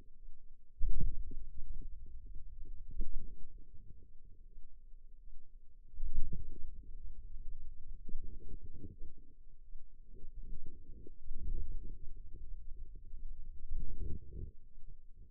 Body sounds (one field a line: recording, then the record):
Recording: forearm muscle sounds (acoustic myography)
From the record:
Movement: wrist flexion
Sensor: system 2, bracelet of six BSWA MPA416 microphones around the upper forearm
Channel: 1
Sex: female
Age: 23 years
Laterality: right